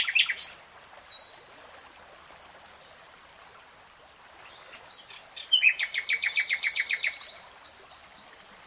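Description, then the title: Nightingale singing: scattered thin high notes, then a loud burst of rapid pulsed notes lasting about a second and a half, trailing into softer twitters against background hiss. Nightingale singing, recorded in real time. "[Tiếng chim hót] Nightingale Singing"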